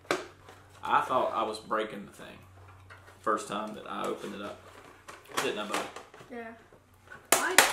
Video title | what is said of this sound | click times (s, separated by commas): Takara Tomy Transforming Star Wars Death Star Playset | uh and you'll hear the pop see I thought | 0.1 s